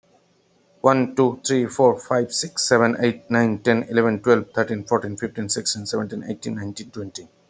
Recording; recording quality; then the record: counting at a fast pace; excellent, no background noise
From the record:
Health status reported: healthy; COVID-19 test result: not tested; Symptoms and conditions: none ticked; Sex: male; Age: 33 years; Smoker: yes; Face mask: not worn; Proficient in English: yes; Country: India